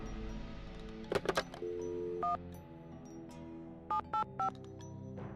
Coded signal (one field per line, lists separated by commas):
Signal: DTMF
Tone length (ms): 110 ms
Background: music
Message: 1 785